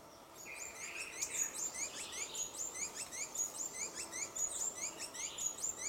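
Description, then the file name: Dusky-throated hermit giving a repetitive series of sharp, high squeaky notes paired with lower rising chirps, evenly paced throughout, against a soft hiss. "Rabo branco pequeno"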